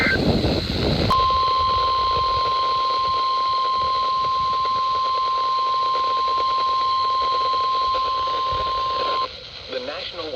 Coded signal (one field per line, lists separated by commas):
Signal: Emergency Alert System (SAME) tones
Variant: 1050 Hz attention tone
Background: speech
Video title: EAS Alerts From 6/22/26: A Compilation (EAS 1232-1240)